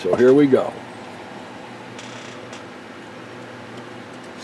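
Someone talks briefly while lining up a RAM memory module over a motherboard DIMM slot, matching its short and long sections to the key notch before pushing it home. After the talking, only a steady low hum remains. Nothing has seated or clicked yet.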